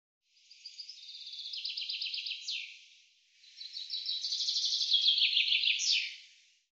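Common chaffinch song: two bright phrases, each a descending series of notes ending in a sharp flourish, with a short pause between them.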